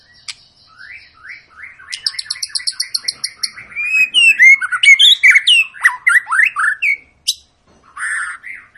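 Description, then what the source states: White-rumped shama song, a rich run of varied whistles, quick repeated chirps and sliding phrases with sharp high clicks, swelling into loud fluty notes before a pause. Long continuous lure song of a shama singing prolifically, meant to prompt other birds to sing.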